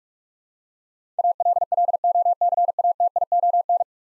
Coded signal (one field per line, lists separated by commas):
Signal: Morse code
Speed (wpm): 46 wpm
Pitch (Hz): 700 Hz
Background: none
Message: ALLOCATION